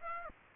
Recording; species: mosquito wingbeat signal from an infrared sensor; Aedes aegypti